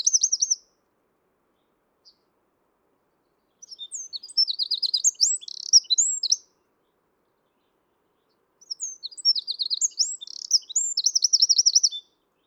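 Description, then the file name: Eurasian wren song: two loud, rapid, high-pitched phrases of sharp notes and fast trills, with a brief fragment at the start and silence between phrases. "Troglodytes troglodytes"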